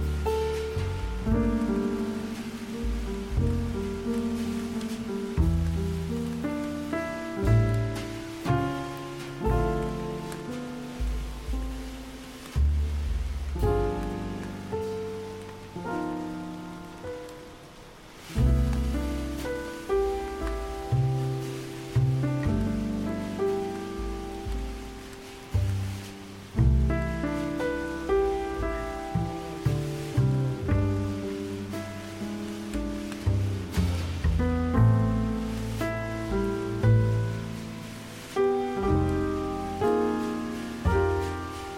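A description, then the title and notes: A jazz piano plays full, ringing chords and walking bass notes at an easy, unhurried pace, each phrase swelling and fading. Steady rain hisses softly behind the music throughout. The playing thins briefly around eighteen seconds before resuming. A Paris Jazz Adventure: Piano and Rain. There is a jazz piano playing and it's raining outside.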